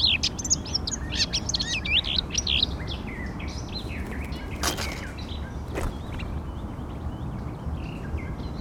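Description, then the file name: Eurasian blackcap song, a burst of quick whistled and warbled notes in the first few seconds, then fading to scattered soft notes over steady background noise. "Sylvia atricapilla"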